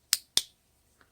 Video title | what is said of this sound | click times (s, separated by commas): Revell F7A Gave Me a Run for My Money Repairing It. | under the cover and we should hear that very nice comfortable snap | 0.1 s, 0.4 s